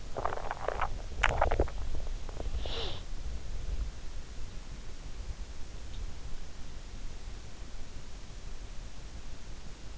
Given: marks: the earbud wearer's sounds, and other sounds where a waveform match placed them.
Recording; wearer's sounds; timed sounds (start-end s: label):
sounds in sleep by an in-ear microphone; swallowing, breath
0.00-2.26 s: swallowing
2.13-3.42 s: breath